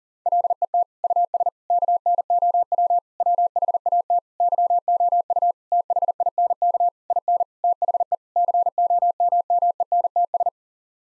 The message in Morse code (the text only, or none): LET US KNOW WHAT YOU THINK IN THE COMMENTS